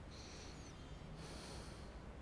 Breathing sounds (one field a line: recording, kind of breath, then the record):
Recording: one breath in and out by a microphone near the nose and mouth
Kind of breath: deep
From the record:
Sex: male